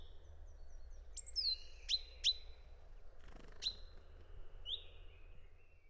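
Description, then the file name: Great tit calls: several sharp metallic 'pink' notes sliding downward, with softer high chirps, set against steady low rumbling background noise. "szencinege hangja"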